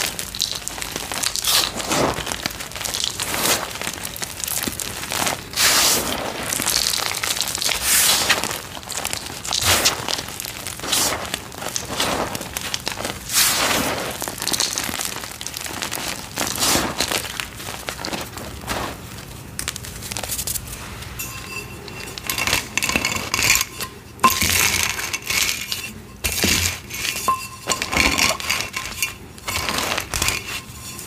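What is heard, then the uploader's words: Wet purple gym chalk is crushed and mixed into a paste, making dense squelching crackles and gritty crunches. The first twenty seconds are busy and continuous; after that the sound thins into sharper, separate clicks and squishes with short pauses between them. Gym chalk ASMR. Purple gym chalk water crushes, reforms, paste mixing. Purple Pasted Gym Chalk Water Crush.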